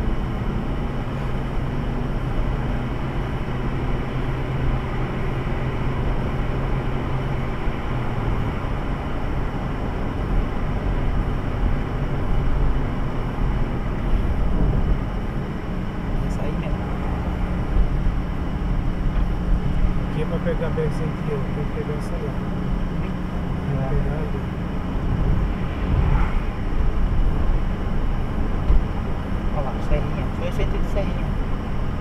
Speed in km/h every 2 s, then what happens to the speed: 76, 79, 80, 77, 75, 74, 66, 63, 63, 64, 63, 64, 65, 66, 66, 66.
4-14 slows to 63. 14-32 steady at about 64.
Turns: none.